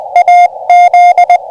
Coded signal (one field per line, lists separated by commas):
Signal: Morse code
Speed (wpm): 20 wpm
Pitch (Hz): 710 Hz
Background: none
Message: AZ